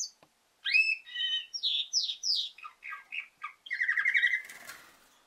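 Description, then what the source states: Canary calls: a lively run of varied chirps and squeaky rising and falling notes, ending in a buzzy rattling phrase. Female canary.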